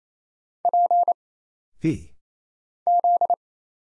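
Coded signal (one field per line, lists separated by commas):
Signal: Morse code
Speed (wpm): 28 wpm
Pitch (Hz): 700 Hz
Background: none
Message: P Z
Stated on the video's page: Morse single-character drill at 28 wpm of letters, numbers, punctuation and prosigns for instant character recognition, each character sent twice.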